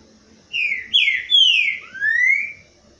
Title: Canto De Trinca Ferro Voz 09. TRINCA FERRO CANTANDO BOIADEIRO - ESQUENTAR TRINCA FERRO